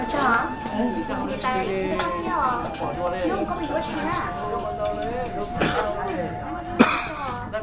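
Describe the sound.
A man lets out a few harsh, wet coughs, coughing up blood into his hand, the sharpest one near the end, over a steady murmur of people talking in the background.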